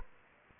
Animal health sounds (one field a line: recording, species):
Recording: mosquito wingbeat signal from an infrared sensor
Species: Anopheles arabiensis